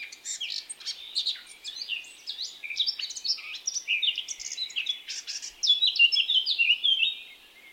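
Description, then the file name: Eurasian blackcap song, hurried varied chirps and whistles, getting louder toward the end before easing off. "Sylvia atricapilla"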